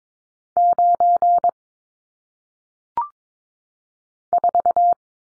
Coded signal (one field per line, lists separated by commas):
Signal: Morse code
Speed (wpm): 22 wpm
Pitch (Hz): 700 Hz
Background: none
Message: 9 4